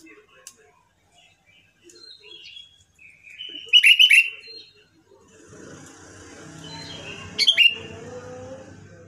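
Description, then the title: Sooty-headed bulbul delivering clear, chirpy bubbling phrases, one burst and then another, with faint softer notes in between. "Kutilang"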